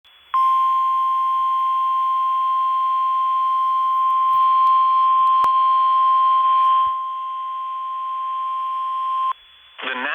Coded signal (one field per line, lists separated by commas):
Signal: Emergency Alert System (SAME) tones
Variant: 1050 Hz attention tone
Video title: EAS #43: Severe Thunderstorm Warning